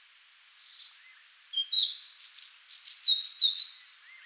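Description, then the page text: White-spectacled warbler giving a short high call, then a rapid run of sweet, high warbling notes. "White-Spectacled Warbler Song and Call. Quick Sounds"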